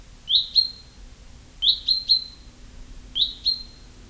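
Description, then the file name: Common chaffinch giving sharp, high, downslurred call notes in quick pairs or triplets, each burst about one and a half seconds apart, with a faint low hum beneath. "Fringilla coelebs"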